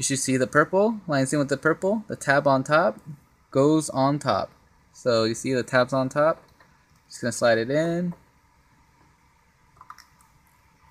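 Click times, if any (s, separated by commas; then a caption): none. Someone talks while lining up the power cable plug, tab on top, with the purple lines on the power socket at the back of an HP Deskjet 3000 inkjet printer and sliding it in. After the talking stops, a few faint, brief handling sounds come at about 9.8 to 10.0 s. The plug has not seated or clicked home yet.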